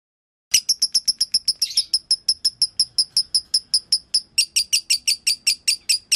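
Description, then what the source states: Lovebird song: after a half-second pause, a steady stream of piercing high chirps, evenly spaced at roughly five per second. Song used to train other birds; song style known locally as konslet.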